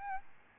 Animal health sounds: mosquito wingbeat signal from an infrared sensor; Aedes albopictus

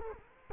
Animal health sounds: mosquito wingbeat signal from an infrared sensor; Culex quinquefasciatus

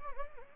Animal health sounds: mosquito wingbeat signal from an infrared sensor; Anopheles gambiae

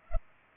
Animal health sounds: mosquito wingbeat signal from an infrared sensor; Culex pipiens

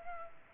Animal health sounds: mosquito wingbeat signal from an infrared sensor; Culex pipiens

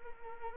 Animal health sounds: mosquito wingbeat signal from an infrared sensor; Anopheles arabiensis

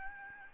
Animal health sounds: mosquito wingbeat signal from an infrared sensor; Aedes albopictus

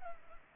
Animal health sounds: mosquito wingbeat signal from an infrared sensor; Culex pipiens

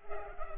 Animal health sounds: mosquito wingbeat signal from an infrared sensor; Culex pipiens

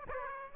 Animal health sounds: mosquito wingbeat signal from an infrared sensor; Aedes aegypti

